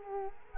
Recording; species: mosquito wingbeat signal from an infrared sensor; Culex quinquefasciatus